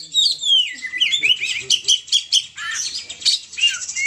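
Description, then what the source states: Oriental magpie-robin song of sweet descending whistles followed by rhythmic, repeated bright notes, then a burst of harsher chirps and slurred phrases. Champion bird in excellent 'ngobra' display condition.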